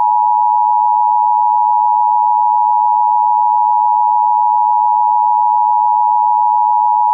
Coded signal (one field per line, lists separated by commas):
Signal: Emergency Alert System (SAME) tones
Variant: 853 and 960 Hz attention tone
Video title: EAS SCENARIO #3 - The Great NYC Tornado Outbreak